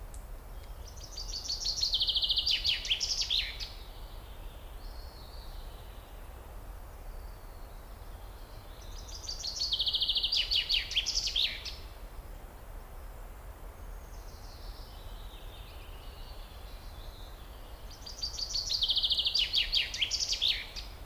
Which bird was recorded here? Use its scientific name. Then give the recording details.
Fringilla coelebs. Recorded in the wild. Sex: male. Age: adult. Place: Bötzow - Krämer, Brandenburg, DE. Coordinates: 52.6736, 13.0725. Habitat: forest. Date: 1997-05-18 15:22. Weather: sunny, 27°C, partially light winds. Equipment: Sony MD-WM MZ-R3, Sennheiser MKH 416 T, Kopie Uher 4000 Report Monitor. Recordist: Tembrock, Günter. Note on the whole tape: Männchen: Gesang, längere Strecke (auf einer Kiefer)